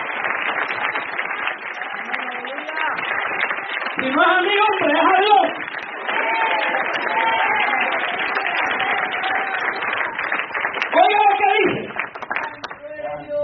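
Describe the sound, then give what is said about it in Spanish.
An audience applauds, a steady, dense wash of clapping that holds at an even level throughout, with a voice briefly speaking over it twice. “Ese aplauso como que yo lo oigo, y este hermano, así como forzado.”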